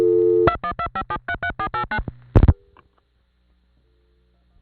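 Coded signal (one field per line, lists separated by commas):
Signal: DTMF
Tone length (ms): 80 ms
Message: 2125733489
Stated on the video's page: Telephone tones from 1970s New York City trunks, digital vs. analog, through Panel, #1 Crossbar and #5 Crossbar switching machines.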